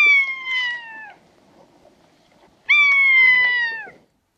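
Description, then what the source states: Rough-legged buzzard mews, two clear drawn-out calls that slide slowly downward, each lasting over a second, separated by a pause. Voice cleaner than the common buzzard's mew, both wilder and more plaintive; sometimes lingers longer on the mew.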